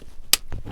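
A metal spring clip is pressed over a new distributor cap on a Passat B3's 1.8 petrol engine, holding the cap to the distributor body. One sharp, loud snap at 0.3 s marks the clip seating home, followed by faint low rumbling.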